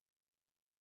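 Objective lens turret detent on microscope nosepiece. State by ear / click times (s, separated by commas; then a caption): not seated / none. A microscope nosepiece is turned slowly by hand to bring the high-power objective over the slide, working toward the objective lens turret detent. Only a very faint, steady hiss is heard, with no distinct transient. Nothing has clicked into position yet.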